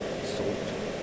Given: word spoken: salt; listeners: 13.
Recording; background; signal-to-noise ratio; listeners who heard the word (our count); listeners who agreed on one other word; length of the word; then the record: one English word in noise, from a listening test; speech-shaped noise; -4.3 dB; 3 of 13; 7 of 13; 0.63 s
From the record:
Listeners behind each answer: 7, 3, 2, 1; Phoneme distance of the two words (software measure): 7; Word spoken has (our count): 1 syllable, 4 phonemes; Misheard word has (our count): 1 syllable, 3 phonemes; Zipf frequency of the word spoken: 4.69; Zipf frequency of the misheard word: 4.13